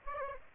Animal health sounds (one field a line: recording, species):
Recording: mosquito wingbeat signal from an infrared sensor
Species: Aedes aegypti